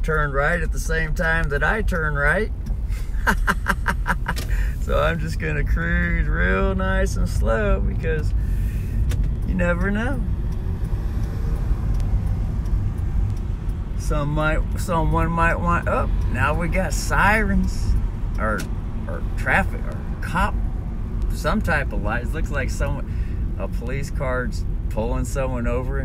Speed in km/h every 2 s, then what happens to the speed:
5, 5, 9, 13, 18, 19, 20, 22, 23, 25, 23, 21, 20.
3-15 speeds up to 23. 15-26 steady at about 23.